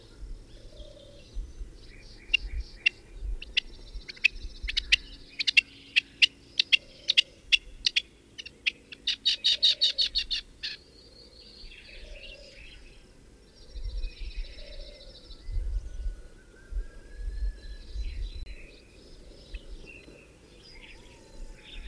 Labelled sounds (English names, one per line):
Rock Partridge call